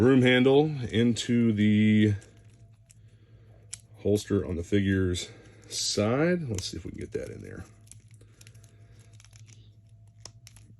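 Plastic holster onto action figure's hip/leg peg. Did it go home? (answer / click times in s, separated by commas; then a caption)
yes / 10.3 s, 10.5 s. Someone talks while pushing a small plastic holster onto the hip/leg peg on the side of a G.I. Joe Classified action figure, with faint plastic rustling and small taps as it is worked into place. Sharp clicks at 10.3 s and 10.5 s mark the holster going all the way on and locking in place.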